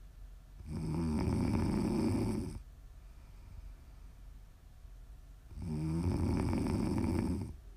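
Two long, rumbling snores from a sleeping adult, about five seconds apart, each a coarse low flutter on the in-breath, with quiet pauses between.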